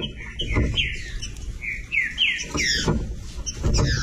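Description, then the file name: Green-winged saltator song of rich whistled slurs, mostly falling, partly masked by steady low rumbling background noise throughout. "canto do trinca ferro"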